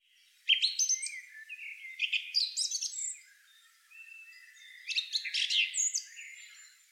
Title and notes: Song thrush. Певчий дрозд by deepsweet